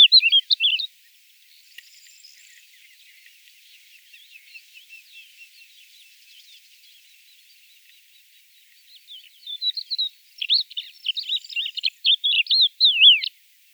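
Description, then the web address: Crested lark gives sharp whistled notes, then faint soft chattering, then a lively burst of rising and falling whistles and buzzy notes near the end. "galerida cristata call"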